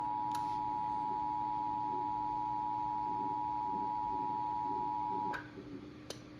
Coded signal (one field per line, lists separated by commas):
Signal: Emergency Alert System (SAME) tones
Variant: 853 and 960 Hz attention tone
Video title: [EAS] Flash Flood Watch for Itasca County MN Relayed From on NOAA Weather Radio Station KZZ29